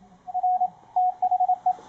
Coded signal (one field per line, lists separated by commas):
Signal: Morse code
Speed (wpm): 25 wpm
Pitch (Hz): 730 Hz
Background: radio noise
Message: R THE